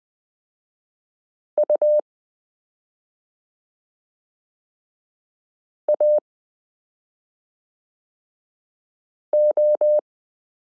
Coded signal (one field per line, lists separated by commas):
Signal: Morse code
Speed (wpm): 20 wpm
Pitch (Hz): 600 Hz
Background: none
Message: U A O